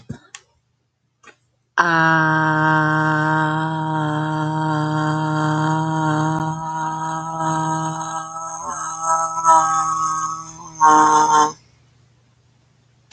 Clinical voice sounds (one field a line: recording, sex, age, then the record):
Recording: vowel held as long as possible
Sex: female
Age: 20 to 29 years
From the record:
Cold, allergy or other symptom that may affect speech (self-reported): no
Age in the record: 29 years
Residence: Minnesota, United States